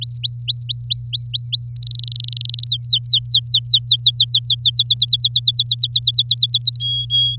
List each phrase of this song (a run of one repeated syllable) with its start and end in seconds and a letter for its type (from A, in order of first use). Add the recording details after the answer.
0.01-1.70 A, 1.76-2.64 B, 2.67-4.70 C, 4.74-6.76 D, 6.80-7.36 E. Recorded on 7 May 2018 at 19:24. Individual llb16